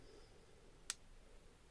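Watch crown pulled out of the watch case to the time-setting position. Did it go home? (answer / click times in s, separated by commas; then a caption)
released / 0.9 s. The push-pull crown of an automatic wristwatch is pulled out of the watch case to its second, time-setting position. A single sharp, bright click sounds at 0.9 s against a quiet background as it snaps into the detent. The crown is out and the second hand stops (hacking).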